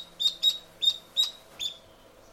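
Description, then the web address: Duckling peeps: five short, high piping notes given at uneven intervals in a quiet setting. Duckling (chick). "duck chick"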